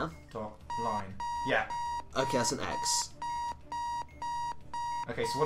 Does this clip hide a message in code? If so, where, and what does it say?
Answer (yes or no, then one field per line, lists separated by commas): no